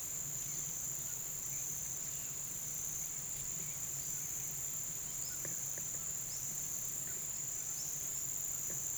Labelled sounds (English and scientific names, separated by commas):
none